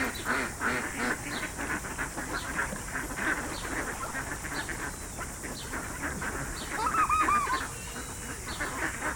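Ducks calling as a crowded flock, rapid overlapping quacks and honks, a few clearer nasal notes toward the end, steady hiss beneath.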